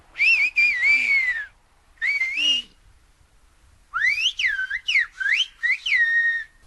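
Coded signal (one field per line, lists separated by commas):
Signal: whistled language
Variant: Silbo Gomero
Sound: loud piercing whistles gliding up and down in speech-like phrases, two speakers exchanging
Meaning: And how are you doing? Fine, I'm on my way over there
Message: ¿Y cómo te va? Y sí, y bueno, bien, ya voy para allá.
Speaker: ¿Y cómo te va? Y sí, y bueno, bien, ya voy para allá. Qué maravilla, ¿eh? Sí, los que hablan son Bartolo y David.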